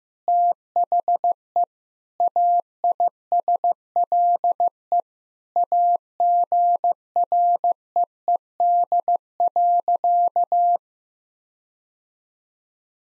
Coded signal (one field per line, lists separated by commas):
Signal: Morse code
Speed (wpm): 15 wpm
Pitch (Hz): 700 Hz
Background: none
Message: THE AISLE AGREED.